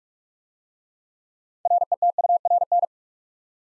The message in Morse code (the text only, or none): RETURN